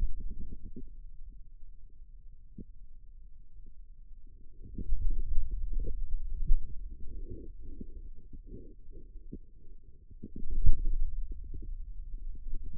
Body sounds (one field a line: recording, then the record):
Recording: forearm muscle sounds (acoustic myography)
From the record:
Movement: pen grasping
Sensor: system 2, bracelet of six BSWA MPA416 microphones around the upper forearm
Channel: 6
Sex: male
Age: 22 years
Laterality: right